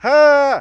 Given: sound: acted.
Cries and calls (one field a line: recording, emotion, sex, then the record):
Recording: nonverbal affect burst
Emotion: fear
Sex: male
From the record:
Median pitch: 284 Hz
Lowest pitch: 204 Hz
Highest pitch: 302 Hz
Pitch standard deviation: 23 Hz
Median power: 80.8 dB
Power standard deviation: 10.0 dB